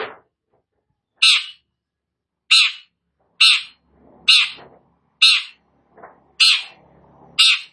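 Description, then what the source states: Long-tailed shrike giving loud, harsh, grating notes at roughly one-second intervals, with faint softer calls and low noise between. Described as gacor, singing actively.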